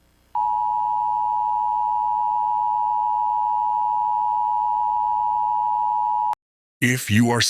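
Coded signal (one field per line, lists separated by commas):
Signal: Emergency Alert System (SAME) tones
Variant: 853 and 960 Hz attention tone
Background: speech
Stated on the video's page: Fictional EAS scenario themed on The Powerpuff Girls.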